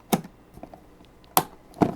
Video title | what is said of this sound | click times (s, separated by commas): A High-End Gaming & Editing PC Build – Part 3 – The Hardware Build Begins | double click that's what i usually like to hear two clicks on it | 0.1 s, 1.4 s